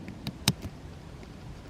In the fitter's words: Make sure it clicks in.